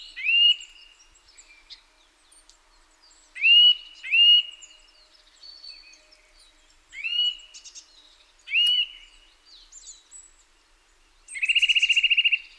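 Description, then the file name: Eurasian nuthatch calls: strong upslurred whistles in ones and twos, spaced a few seconds apart, ending in a fast even trill, over scattered faint high chirps. "Sitta europaea"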